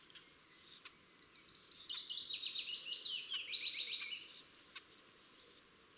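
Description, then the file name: Eurasian blackcap song, a fast scratchy warble of high chattering notes lasting about three seconds, with a few faint chirps around it. "Sylvia atricapilla"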